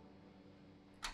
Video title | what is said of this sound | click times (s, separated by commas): HOW TO BUILD A DESKTOP PC with GIGABYTE B550 VISION D P + RYZEN 7 5800x + ASUS RTX 3060 #GamingRig | so you heard the snap that's it we're done | 1.1 s